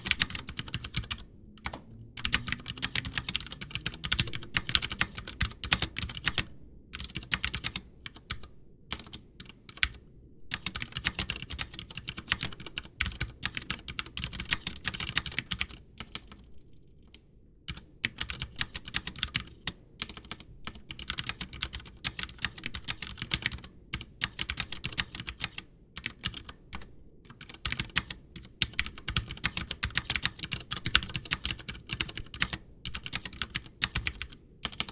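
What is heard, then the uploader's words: Typing on a mechanical keyboard: a dense, fast run of crisp, clacky keystrokes that continues for the whole stretch, with a brief pause just past the midpoint. Beneath the taps sits a soft, steady low rumble. Ducky One 2 ASMR on Cherry MX Brown switches. 5 minutes typing. Ducky One 2 White LED full 100% white case keyboard with Cherry MX Brown switches. Stock keyboard.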